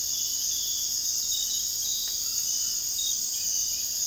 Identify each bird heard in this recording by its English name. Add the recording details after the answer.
none. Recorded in dense forest near Puerto Asís, Putumayo, Colombia, on 21 February 2024 at 05:30. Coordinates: 0.485, -76.318. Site G6408